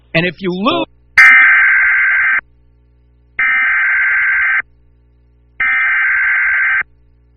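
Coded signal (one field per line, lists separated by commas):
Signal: Emergency Alert System (SAME) tones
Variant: header bursts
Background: speech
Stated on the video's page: Personally captured real alerts.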